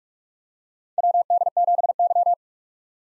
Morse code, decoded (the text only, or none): WD7Y